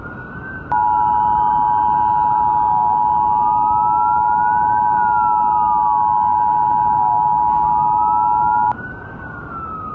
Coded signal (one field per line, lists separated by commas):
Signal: Emergency Alert System (SAME) tones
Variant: 853 and 960 Hz attention tone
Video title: EAS MOCK | FFW-E for all of Hiwaii.